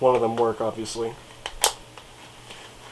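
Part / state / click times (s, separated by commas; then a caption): fire selector lever in airsoft rifle receiver / seated / 1.6 s. Someone talks, then the plastic fire selector on a vintage TSD/UHC SD5 airsoft spring rifle, brand new in box, is moved between its two positions, only one of which works. It gives a sharp click at 1.6 s as it seats into position in the receiver, with a softer tick just before at 1.5 s and faint handling afterward.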